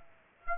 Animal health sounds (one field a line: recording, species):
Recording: mosquito wingbeat signal from an infrared sensor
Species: Aedes aegypti